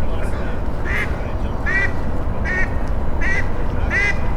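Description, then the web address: Duck quacking, about five short nasal quacks at a steady pace over steady low rumbling background noise. "coruscate ducks"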